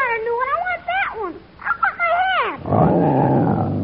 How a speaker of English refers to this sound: Hey, Joey, look. The lion is chewing on your hat.